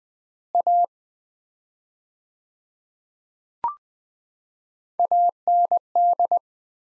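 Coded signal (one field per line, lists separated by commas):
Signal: Morse code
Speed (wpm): 20 wpm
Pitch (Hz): 700 Hz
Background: none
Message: A AND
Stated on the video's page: Morse practice at 20 wpm sending sets of two words with 4x word spacing, a Farnsworth-like approach applied to words.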